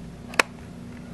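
An iPhone 5 display assembly is lowered at an angle into the phone housing and its frame retaining clips are pressed in. A single sharp, bright click at 0.4 s stands out over a low steady hum, with a faint tick just before it. The first display frame clip snaps in and is seated.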